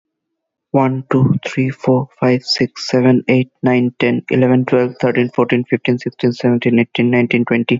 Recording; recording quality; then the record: counting at a fast pace; poor, much background noise or distortion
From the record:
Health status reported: healthy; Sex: male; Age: 28 years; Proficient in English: yes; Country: India